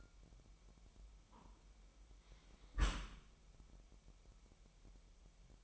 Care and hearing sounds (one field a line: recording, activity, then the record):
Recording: daily activity, microphone in the room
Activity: close dishwasher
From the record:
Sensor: 1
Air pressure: 998.2 hPa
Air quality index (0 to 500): 141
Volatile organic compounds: 4 ppm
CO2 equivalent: 1684 ppm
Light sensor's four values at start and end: 16/54/21/22 and 16/54/21/22